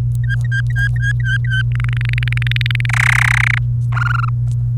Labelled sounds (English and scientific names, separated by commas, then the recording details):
Domestic Canary (Serinus canaria) song
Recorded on 28 April 2018 at 17:57
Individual llb3